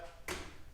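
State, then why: Seated. The miter table of a Delta CRUZER miter saw, loosened with its knob and swung toward the left, drops into the saw's positive-stop detent. A single sharp click rings out at 0.3 s. The table is seated in the stop.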